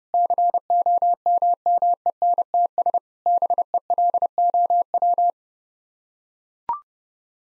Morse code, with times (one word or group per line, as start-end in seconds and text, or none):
0.1-3.0 COMMENTS
3.3-5.3 BELOW